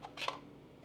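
The release button on the small plastic body of a DJI Neo mini drone is pressed and the battery pack is slid out, with a faint tap near the start and a brief sliding rustle. A short, sharp click sounds at 0.3 s as the battery pack comes free and is released from the drone body.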